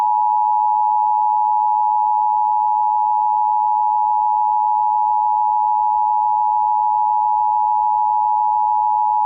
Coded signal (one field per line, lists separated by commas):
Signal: Emergency Alert System (SAME) tones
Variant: 853 and 960 Hz attention tone